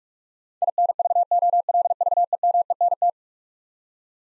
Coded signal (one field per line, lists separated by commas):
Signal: Morse code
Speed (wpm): 46 wpm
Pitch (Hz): 700 Hz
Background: none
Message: INVOLVEMENT